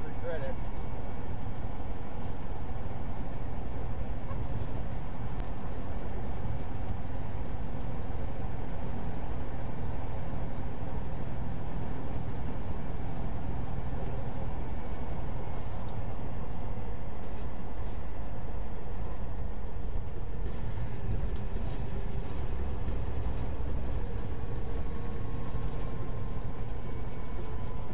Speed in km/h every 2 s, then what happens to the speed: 69, 69, 71, 71, 69, 71, 71, 68, 61, 58, 58, 56, 53, 50.
0-12 steady at about 71. 12-28 slows to 50.